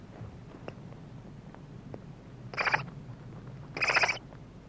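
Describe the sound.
Barn owl giving two short, rough, raspy screeches a little over a second apart.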